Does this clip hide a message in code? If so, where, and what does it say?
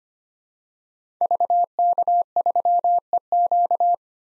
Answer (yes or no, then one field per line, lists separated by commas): yes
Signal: Morse code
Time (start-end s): 1.2-3.9 s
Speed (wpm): 25 wpm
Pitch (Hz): 700 Hz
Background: none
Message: VK3EQ